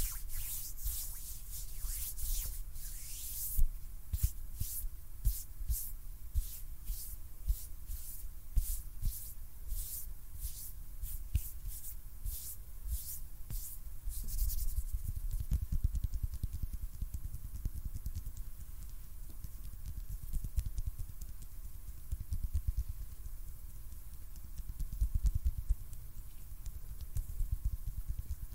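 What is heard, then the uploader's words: Hand sounds: quick, bright brushing swipes repeat steadily for about fifteen seconds, then give way to low, muffled rubbing and thumps. ASMR HAND SOUNDS NO TALKING.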